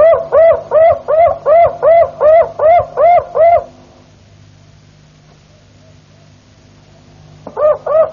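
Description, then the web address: Harz Roller canary song: deep, hollow, rising-then-falling notes repeated about two and a half times a second for over three seconds, then a pause before the notes return. "~joaopt canarios cantoharz"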